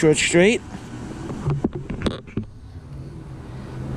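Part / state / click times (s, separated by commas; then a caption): wiper blade adapter onto wiper arm J-hook / seated / 2.1 s. Someone talks, then a wiper blade adapter is slid onto the J-hook of the wiper arm on a 2018 Jeep Wrangler JK Sport, straightened, and pulled toward the hook. A few small knocks come from 1.5 s, and the adapter locks in with a sharp click at 2.1 s, confirming it has seated on the arm. A steady low hum from lawn mowing runs underneath.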